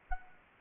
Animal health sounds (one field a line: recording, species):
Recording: mosquito wingbeat signal from an infrared sensor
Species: Culex quinquefasciatus